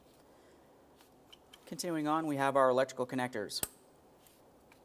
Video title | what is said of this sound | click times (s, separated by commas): How to Replace Valve Cover 2014-2018 Mazda 3 2.0L L4 | Slide that in. Listen for a click. | 1.3 s, 1.5 s